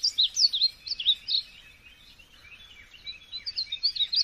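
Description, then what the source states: Lovebird chirping: quick, high, squeaky notes in bursts, a quieter stretch of soft twitter in the middle, then more sharp chirps. Lovebird calls used as a lure to attract lovebirds.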